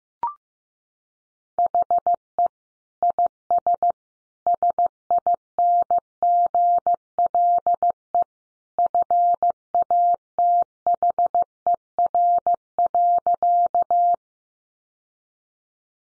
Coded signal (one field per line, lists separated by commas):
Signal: Morse code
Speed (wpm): 15 wpm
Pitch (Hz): 700 Hz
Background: none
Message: HE IS SINGLE FATHER.